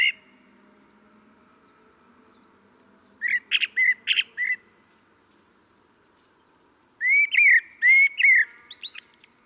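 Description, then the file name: Common blackbird song: a short burst of clipped whistled notes, then after a pause a smoother rising-and-falling fluty phrase ending in a high squeak. "Turdus merula"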